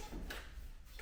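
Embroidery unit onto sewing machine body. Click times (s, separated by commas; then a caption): 0.3 s. An embroidery unit is slid onto the free arm of a PFAFF Creative 1.5 sewing and embroidery machine after its small release lever is pulled and let go. A short, sharp click at 0.3 s stands out over a low background hum as the unit seats onto the machine body.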